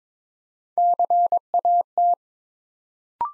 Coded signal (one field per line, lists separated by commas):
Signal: Morse code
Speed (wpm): 22 wpm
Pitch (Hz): 700 Hz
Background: none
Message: CAT